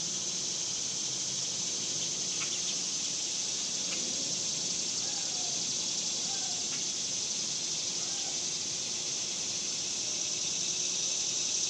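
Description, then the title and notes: Cicadas humming in a continuous high, sizzling drone, while a few faint short chirps and soft clicks appear in the background. Several cicadas recorded outdoors in summer in a suburban area. "Ext Summer Cicadas, Suburbs by Bandeto"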